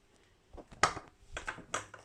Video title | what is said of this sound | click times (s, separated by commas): gipskartono keltuvas | į išpjovą ir užsifiksuoja va e | 0.8 s